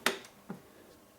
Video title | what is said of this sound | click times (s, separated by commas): Alienware Area 51 R2 Full Tour | It's no more simple than locked into place. | 0.1 s